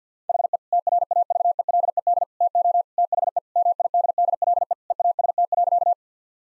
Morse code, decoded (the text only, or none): HE TRAVELED TO THE MIDDLE EAST.